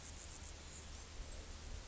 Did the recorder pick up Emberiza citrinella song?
no